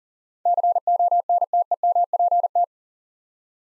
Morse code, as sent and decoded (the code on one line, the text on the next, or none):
-.-. --- -. - . -- .--. -
CONTEMPT